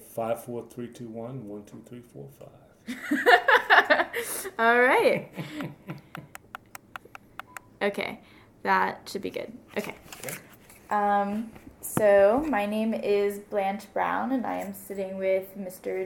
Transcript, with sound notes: Five four three two one, one two three four five.
[laughter] Alright. [laughter] Okay. That should be good. Okay. So my name is Blanche Brown and I am sitting with Mr.